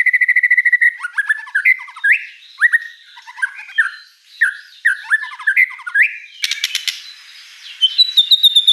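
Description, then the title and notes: White-rumped shama song opening with a rapid rattled note, then a string of downslurred whistles and chips, a harsh burst, and high repeated trills at the end. Lure song (pancingan) of an actively singing (gacor) white-rumped shama (Murai Batu), with a rich repertoire of fill phrases (isian mewah). "Pancingan Gacor Murai Batu Bongkar Isian Mewah. Audio Murai Batu Dongfeng"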